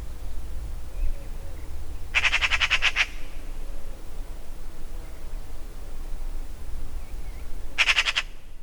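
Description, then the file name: Eurasian magpie chattering: two short bursts of fast, grating rattle notes about six seconds apart, with constant low background rumble. "Pica pica"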